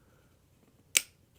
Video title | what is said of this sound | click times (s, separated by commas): How to Install AR10 Buffer Tube - Aero Precision M5 Build | And from there, we can see it's locked into place. | 1.0 s